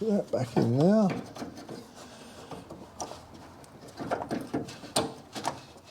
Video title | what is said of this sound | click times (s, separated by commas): VW Fox 1.2 Petrol (2008) - Fuel Filter Change | It should click. There it goes. | 5.0 s